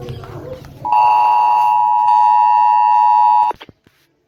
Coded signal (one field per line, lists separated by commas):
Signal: Emergency Alert System (SAME) tones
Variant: 853 and 960 Hz attention tone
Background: speech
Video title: Eas alarm for all countries